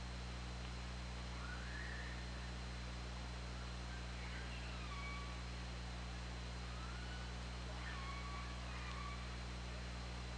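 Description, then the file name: Orca calls: a series of faint gliding tones, some rising and some dropping, spaced every few seconds above a constant low drone and background hiss. OrcaLab hydrophone recording made underwater on 24 August 2017, around 20:50. "Orca Lab 20170824 205000"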